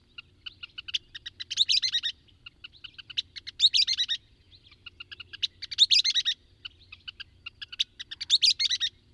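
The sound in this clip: Bird singing quick phrases of clipped high notes that build into a dense ringing flourish, returning roughly every two seconds, with a faint low hum beneath.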